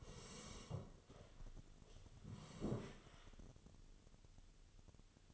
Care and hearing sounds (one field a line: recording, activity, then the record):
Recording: daily activity, microphone in the room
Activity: sit down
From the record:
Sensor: 4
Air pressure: 1016.1 hPa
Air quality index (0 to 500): 183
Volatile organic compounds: 8 ppm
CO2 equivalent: 2087 ppm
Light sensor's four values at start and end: 9/20/8/7 and 9/20/8/7